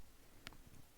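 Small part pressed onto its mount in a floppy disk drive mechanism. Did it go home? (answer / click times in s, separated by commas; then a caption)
yes / 0.5 s. A small part in a floppy disk drive mechanism is pressed down with a tool onto its mount, and a sharp, bright click is heard at 0.5 seconds, followed by a softer, faint tick. The part snaps into place and is seated.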